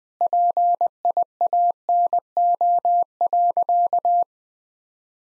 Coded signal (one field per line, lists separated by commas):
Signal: Morse code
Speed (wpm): 21 wpm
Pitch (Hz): 700 Hz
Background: none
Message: PIANO.